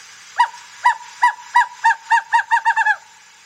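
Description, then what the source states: Western Screech Owl song: about ten hollow hooting notes that come faster and faster, like a bouncing ball settling. A duet with a bouncing-ball sort of sound.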